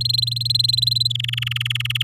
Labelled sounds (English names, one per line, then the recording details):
Domestic Canary song
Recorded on 8 May 2018 at 12:48
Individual llb16